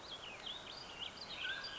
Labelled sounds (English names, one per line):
Mountain Quail